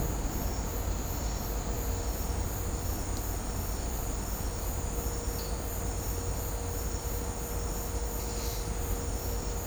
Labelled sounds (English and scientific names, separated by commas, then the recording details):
none
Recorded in dense forest near Puerto Asís, Putumayo, Colombia, on 26 December 2024 at 15:30
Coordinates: 0.503, -76.323
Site G043